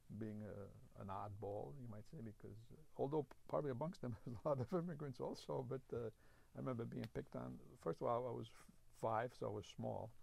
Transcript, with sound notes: being an oddball, you might say, because, although probably amongst them (he laughs) there was a lot of immigrants, also. But I remember being picked on. First of all, I was five so I was small.